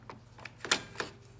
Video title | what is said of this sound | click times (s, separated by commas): HP DesignJet 500 Trailing Cable Replacement | so that locked into place | 0.7 s